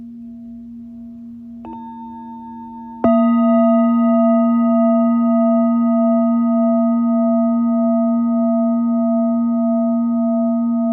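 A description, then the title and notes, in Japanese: A singing bowl hums with a steady low tone from the start. A light tap near 1.7 seconds adds a higher ring, then a firm strike at about 3 seconds makes the bowl ring out louder, its bright overtones sustaining with a slow, regular wavering pulse to the end. 深夜のメキシコから シンギングボウルのサウンドヒーリング ライブ。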